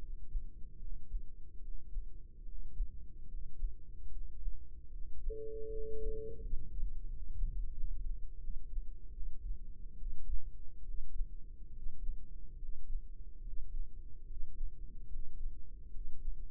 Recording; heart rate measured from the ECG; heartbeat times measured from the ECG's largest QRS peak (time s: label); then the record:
heart sounds by microphone in the right ear; 75 bpm
0.77 s: heartbeat
1.60 s: heartbeat
2.44 s: heartbeat
3.26 s: heartbeat
4.09 s: heartbeat
4.90 s: heartbeat
5.69 s: heartbeat
6.45 s: heartbeat
7.09 s: heartbeat
7.72 s: heartbeat
8.39 s: heartbeat
9.11 s: heartbeat
9.95 s: heartbeat
10.82 s: heartbeat
11.70 s: heartbeat
12.56 s: heartbeat
13.40 s: heartbeat
14.24 s: heartbeat
15.06 s: heartbeat
15.88 s: heartbeat
From the record:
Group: healthy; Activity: rest 0-5 s, breath hold 5-17 s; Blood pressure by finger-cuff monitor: 107/66 mmHg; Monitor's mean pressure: 78 mmHg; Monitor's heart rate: 72 bpm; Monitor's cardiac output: 5.2 L/min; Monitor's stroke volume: 71 mL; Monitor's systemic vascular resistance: 1070 dyn s/cm5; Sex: male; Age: 20 years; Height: 167 cm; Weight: 61 kg